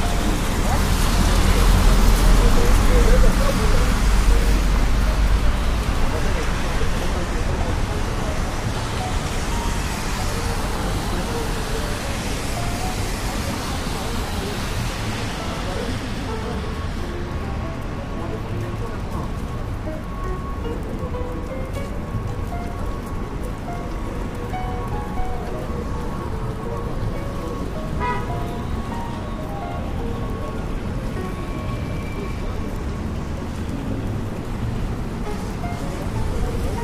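Rain on a New York street: a dense, steady hiss with a deep rumble of traffic underneath. For the first fifteen seconds the wash is loud and bright, like a vehicle passing through the wet, then it eases into a softer hiss with faint voices and scattered tones.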